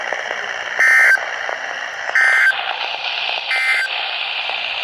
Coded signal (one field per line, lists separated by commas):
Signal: Emergency Alert System (SAME) tones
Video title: Severe Thunderstorms, 2 DUST STORMS (RARE...) And 2 Flash Flood Warnings (EAS 146-153) 5/7/23